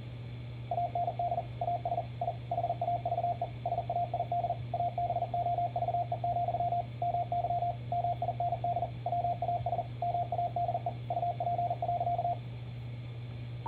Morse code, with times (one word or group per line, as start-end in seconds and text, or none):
0.7-1.4 AND
1.6-2.0 AS
2.2-2.3 I
2.5-3.4 HAVE
3.7-4.5 SAID
4.7-6.8 ABOVE,
7.0-7.7 MY
7.9-8.8 MIND
9.1-9.8 WAS
10.0-10.9 MADE
11.1-12.3 UP.